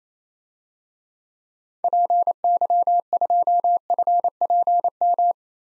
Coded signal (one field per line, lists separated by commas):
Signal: Morse code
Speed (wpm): 27 wpm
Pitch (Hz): 700 Hz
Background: none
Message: PY2FPM